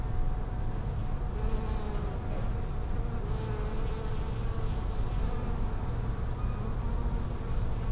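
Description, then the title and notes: Bee buzzing, droning hums that come and go over a low rumble throughout. Bees in lavender in the palliative care service garden of Hôpital Brugmann, Brussels, Belgium, a peaceful spot apart from other hospital pavilions; recorded with Sony PCM-M10 internal microphones. "Hôpital Brugmann, Place Arthur Van Gehuchten, Bruxelles, Belgique - bees in the palliative care services garden. Bees in the lavender from the palliative care service's garden. Abeilles dans la lavande, jardin du service de soins palliatifs"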